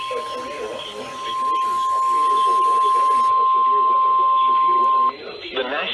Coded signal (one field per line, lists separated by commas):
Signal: Emergency Alert System (SAME) tones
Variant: 1050 Hz attention tone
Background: speech